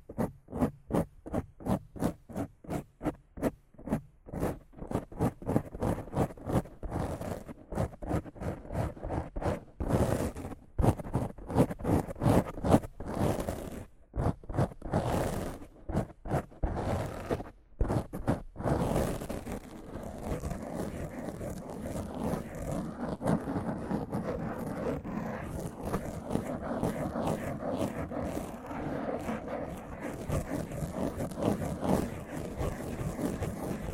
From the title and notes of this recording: ASMR Rough Mic Scratching & Brushing (No Talking).